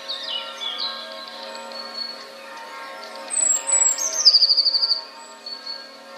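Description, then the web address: Eurasian blue tit song: scattered high chirps, then a thin descending note leading into a fast trill. "wroblowe teka spiew 1. wroblowe teka modraszkoteka"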